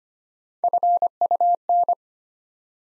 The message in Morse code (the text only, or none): FUN